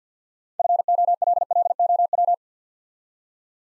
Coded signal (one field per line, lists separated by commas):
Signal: Morse code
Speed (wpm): 48 wpm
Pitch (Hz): 700 Hz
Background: none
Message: FOLLOW